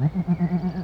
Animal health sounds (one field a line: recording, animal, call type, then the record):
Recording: contact call of a hoofed animal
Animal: goat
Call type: low-frequency (closed-mouth) or high-frequency (open-mouth) call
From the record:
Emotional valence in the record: negative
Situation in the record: short social isolation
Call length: 0.85 s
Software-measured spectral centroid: 960 Hz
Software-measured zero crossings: 550 a second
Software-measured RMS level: -23 dBFS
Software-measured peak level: -12 dBFS